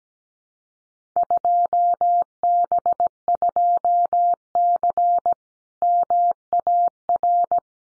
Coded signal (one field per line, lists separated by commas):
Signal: Morse code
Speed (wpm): 17 wpm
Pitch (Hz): 700 Hz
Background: none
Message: 2B2C MAR